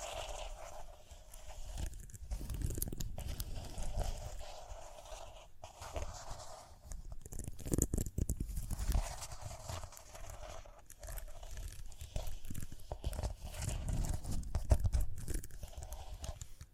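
Rhinestones tap, scratch and brush in busy, uneven bursts, with sharp clicks scattered throughout and short quiet gaps near seconds 6, 11 and 15.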